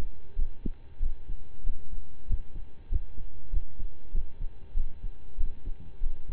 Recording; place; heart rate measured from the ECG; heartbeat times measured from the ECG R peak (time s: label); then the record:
heart sounds by stethoscope; between the tricuspid and mitral areas; 96 bpm
0.35 s: heartbeat
0.99 s: heartbeat
1.63 s: heartbeat
2.26 s: heartbeat
2.88 s: heartbeat
3.50 s: heartbeat
4.11 s: heartbeat
4.73 s: heartbeat
5.37 s: heartbeat
6.00 s: heartbeat
From the record:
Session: slow and fast walking with breaks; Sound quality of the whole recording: saturated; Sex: male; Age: 25 years